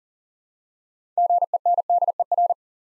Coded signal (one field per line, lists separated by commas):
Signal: Morse code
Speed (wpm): 40 wpm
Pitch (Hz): 700 Hz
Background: none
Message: GENDER